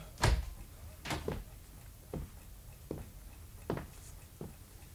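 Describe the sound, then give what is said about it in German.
A visitor knocks with short knocks and a door opens amid a series of short, sharp thuds and clunks, about six in irregular succession, moderately loud with quiet gaps between them and no talking. “Soll er doch reinkommen, wenn er was will.”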